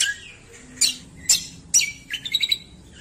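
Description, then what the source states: Streaked spiderhunter song: a few sharp, high, sweeping chirps spaced about half a second apart, then a quick run of bright twittering notes near the end. Birdkeeper's training recording (masteran) of vigorous, clear, long singing.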